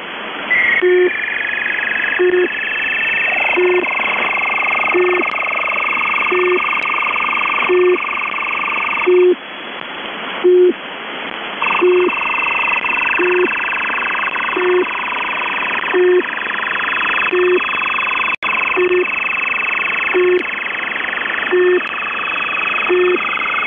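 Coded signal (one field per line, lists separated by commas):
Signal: channel marker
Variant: UVB-76 (The Buzzer)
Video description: UVB-76 or The Buzzer is an Russian Military Station 4625kHz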